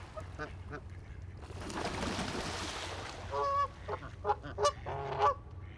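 Goose giving short nasal honks in the second half, after a stretch of rushing splashing or flapping noise.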